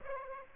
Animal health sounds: mosquito wingbeat signal from an infrared sensor; Aedes aegypti

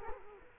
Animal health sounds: mosquito wingbeat signal from an infrared sensor; Culex quinquefasciatus

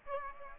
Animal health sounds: mosquito wingbeat signal from an infrared sensor; Aedes aegypti

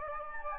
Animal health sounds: mosquito wingbeat signal from an infrared sensor; Anopheles gambiae

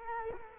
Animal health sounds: mosquito wingbeat signal from an infrared sensor; Culex quinquefasciatus

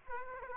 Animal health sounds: mosquito wingbeat signal from an infrared sensor; Aedes aegypti

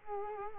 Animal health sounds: mosquito wingbeat signal from an infrared sensor; Culex quinquefasciatus

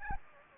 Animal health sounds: mosquito wingbeat signal from an infrared sensor; Anopheles gambiae

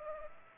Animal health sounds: mosquito wingbeat signal from an infrared sensor; Culex pipiens

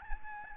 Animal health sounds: mosquito wingbeat signal from an infrared sensor; Aedes albopictus

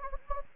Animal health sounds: mosquito wingbeat signal from an infrared sensor; Anopheles gambiae

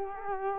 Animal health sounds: mosquito wingbeat signal from an infrared sensor; Culex quinquefasciatus

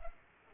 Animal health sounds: mosquito wingbeat signal from an infrared sensor; Culex pipiens

